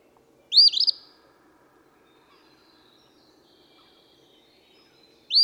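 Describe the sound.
Eastern phoebe: one raspy, stuttering phrase, a long pause, then the next phrase beginning.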